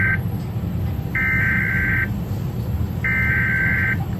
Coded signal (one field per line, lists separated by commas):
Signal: Emergency Alert System (SAME) tones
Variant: header bursts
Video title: Pennsylvania Statewide Required Monthly EAS Test for September 2025 (9/18/25)